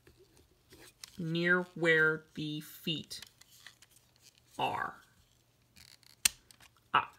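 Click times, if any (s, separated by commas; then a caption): 6.3 s, 7.0 s. Someone talks while handling a plastic transforming robot toy, with soft plastic handling noises in between. The plastic hook parts near the feet come unhooked unexpectedly with sharp plastic snaps at 6.3 s and 7.0 s, releasing the parts.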